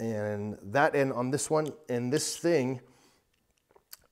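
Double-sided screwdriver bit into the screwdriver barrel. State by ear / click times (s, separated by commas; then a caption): partly seated / 3.9 s. Someone talks for about three seconds as a double-sided bit is pushed into the barrel of a Klein Tools 27-in-1 screwdriver, followed by a few faint taps and a sharp click at 3.9 s. The bit goes in only partway and is not fully seated, because more force is needed to push it all the way in.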